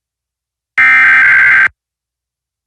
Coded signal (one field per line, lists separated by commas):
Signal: Emergency Alert System (SAME) tones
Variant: header bursts